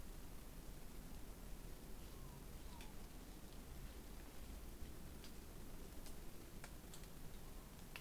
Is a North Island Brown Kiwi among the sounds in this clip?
no